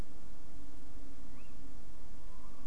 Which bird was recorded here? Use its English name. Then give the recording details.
Tawny Owl. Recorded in Germany. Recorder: ecoPi